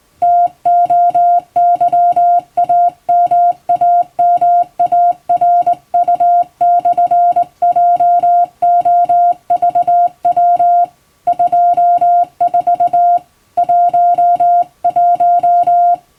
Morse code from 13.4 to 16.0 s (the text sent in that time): 11